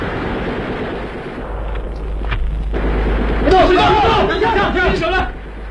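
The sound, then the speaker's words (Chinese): Scattered gunshots crack sharply over a steady low rumble, then a chaotic stretch of overlapping shouting voices joins in as the firing continues before fading; the gunfire signals the complete defeat of a band of rioters. “巴勒托杰的酥油火把和枪声，宣告的却是这批暴乱分子的全部覆灭。”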